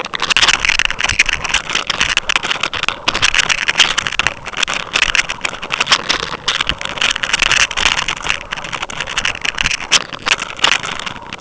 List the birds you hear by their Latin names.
none